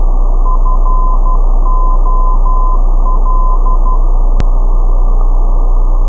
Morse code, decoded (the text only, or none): FOL